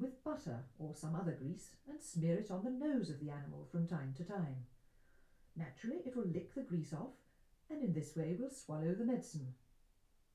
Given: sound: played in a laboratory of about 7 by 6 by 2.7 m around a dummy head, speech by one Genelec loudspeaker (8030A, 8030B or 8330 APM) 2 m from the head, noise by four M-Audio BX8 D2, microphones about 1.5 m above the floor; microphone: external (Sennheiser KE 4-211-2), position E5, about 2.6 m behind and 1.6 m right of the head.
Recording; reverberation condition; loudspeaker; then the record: female speech in English; low; behind (180 degrees)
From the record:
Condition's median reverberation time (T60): about 310 ms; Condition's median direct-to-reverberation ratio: about 3.5 dB